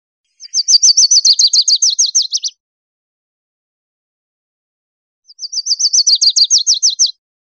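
Lucy's warbler song: two high, rapid trills of about two seconds each, separated by about three seconds of silence.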